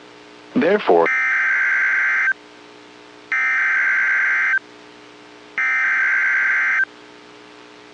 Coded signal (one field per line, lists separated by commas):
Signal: Emergency Alert System (SAME) tones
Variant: header bursts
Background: speech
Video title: EAS #192 Severe Thunderstorm Watch #364 For MY COUNTY